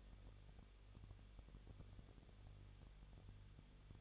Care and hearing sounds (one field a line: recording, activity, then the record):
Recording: daily activity, microphone in the room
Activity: no activity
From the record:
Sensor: 4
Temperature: 23.1 degrees Celsius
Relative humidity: 34.0%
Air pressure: 1007.2 hPa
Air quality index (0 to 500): 215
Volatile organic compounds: 15 ppm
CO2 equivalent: 2490 ppm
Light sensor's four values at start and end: 2/3/1/1 and 2/3/1/1